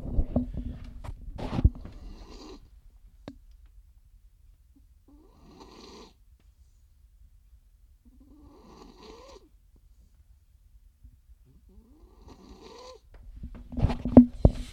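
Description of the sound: Yeah, that's her. She's snoring. She is almost back to normal. She's having some back and disc issues. And that's just the way she snores. She's a loud snorer.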